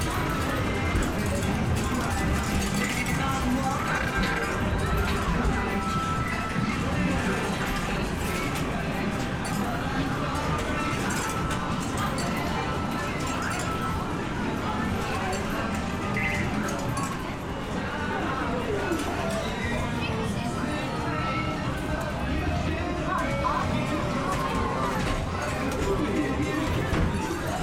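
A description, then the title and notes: A busy seaside amusement arcade with a constant wash of overlapping chatter and the steady whir of machines. The din stays dense and even throughout, with bright clinks and small metallic ticks scattered on top and a slight dip in level around seventeen seconds. The nostalgic ambiance of an English seaside town amusement arcade. The sounds of clinking coins, whirring machines, and lively chatter. This binaural field recording captures the vibrant ambiance of a bustling arcade.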